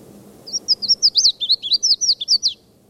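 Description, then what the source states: Red-faced Warbler song: a rapid series of many high, slurred notes lasting about two seconds, over soft low background noise. At the foot of Mount Eldon Road, 17 May, about 10:00–10:30; given after several other calls, while flying to another tree.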